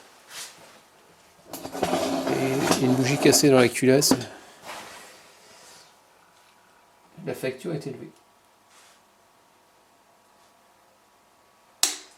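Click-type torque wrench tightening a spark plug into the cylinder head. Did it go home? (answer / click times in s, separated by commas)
yes / 11.8 s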